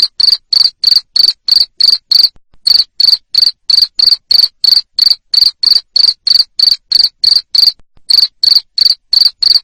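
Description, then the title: Cricket calling with loud, regular high chirps, around three each second, interrupted by two short breaks. Loud cricket chirping used to make lovebirds sing continuously. "Suara JANGKRIK NGERIK Keras Bikin LOVEBIRD Jadi NGEKEK Terus"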